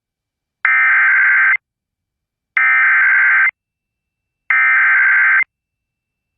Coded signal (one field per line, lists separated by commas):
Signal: Emergency Alert System (SAME) tones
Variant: header bursts